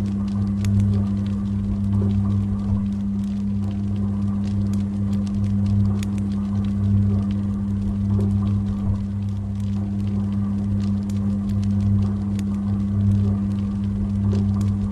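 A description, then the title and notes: A steady low hum from a laundry machine in another room runs throughout, with a rhythmic throb pulsing roughly every second. Faint crackles and small pops from a fireplace scatter across the top, while a soft patter of rain fills the background. Someone's Doing Laundry in Another Room, You Relax by The Fireplace on Rainy Night | Dryer Sounds.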